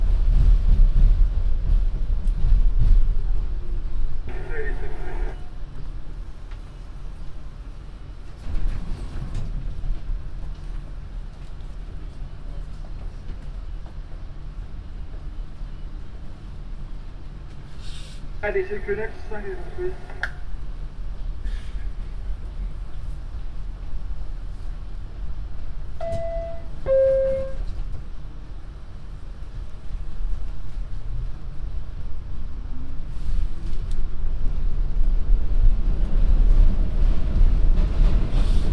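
A binaural field recording of a trip on the MTA, full of a steady low rumble of a moving train. Brief voices break through around 5 and 18–20 seconds, and a short electronic chime or tone sounds near 26–27 seconds.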